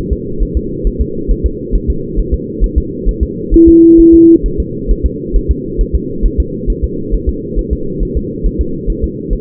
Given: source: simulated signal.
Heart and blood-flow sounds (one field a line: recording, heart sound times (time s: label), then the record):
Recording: fetal heart sounds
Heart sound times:
0.13 s: S2
0.43 s: S1
0.57 s: S2
0.87 s: S1
1.01 s: S2
1.31 s: S1
1.46 s: S2
1.75 s: S1
1.90 s: S2
2.19 s: S1
2.34 s: S2
2.64 s: S1
2.78 s: S2
3.09 s: S1
3.23 s: S2
3.54 s: S1
3.69 s: S2
4.00 s: S1
4.14 s: S2
4.46 s: S1
4.60 s: S2
4.91 s: S1
5.06 s: S2
5.36 s: S1
5.51 s: S2
5.81 s: S1
5.95 s: S2
6.26 s: S1
6.40 s: S2
6.70 s: S1
6.84 s: S2
7.14 s: S1
7.29 s: S2
7.59 s: S1
7.73 s: S2
8.03 s: S1
8.17 s: S2
8.46 s: S1
8.61 s: S2
8.90 s: S1
9.04 s: S2
9.33 s: S1
From the record:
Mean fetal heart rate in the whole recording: 135 bpm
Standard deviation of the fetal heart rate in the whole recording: 3 bpm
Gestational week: 36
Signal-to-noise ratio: -6.6 dB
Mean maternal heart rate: 72 bpm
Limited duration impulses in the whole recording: present